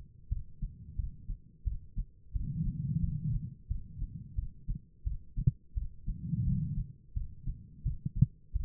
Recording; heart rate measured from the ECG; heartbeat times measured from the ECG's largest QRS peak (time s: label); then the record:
heart sounds by stethoscope; 87 bpm
0.29 s: heartbeat
0.96 s: heartbeat
1.64 s: heartbeat
2.33 s: heartbeat
3.00 s: heartbeat
3.68 s: heartbeat
4.35 s: heartbeat
5.04 s: heartbeat
5.74 s: heartbeat
6.44 s: heartbeat
7.14 s: heartbeat
7.83 s: heartbeat
8.53 s: heartbeat
From the record:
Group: healthy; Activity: rest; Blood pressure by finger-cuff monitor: 152/105 mmHg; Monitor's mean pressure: 122 mmHg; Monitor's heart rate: 88 bpm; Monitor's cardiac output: 5.1 L/min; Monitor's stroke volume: 57 mL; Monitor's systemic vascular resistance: 1810 dyn s/cm5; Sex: female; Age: 51 years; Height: 162 cm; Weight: 70.04 kg